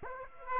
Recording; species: mosquito wingbeat signal from an infrared sensor; Aedes aegypti